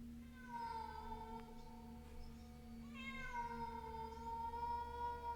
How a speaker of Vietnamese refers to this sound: Khi hắn đi đến ngã ba lần thứ tư, trong con hẻm nhỏ đột nhiên vang lên có tiếng mèo kêu.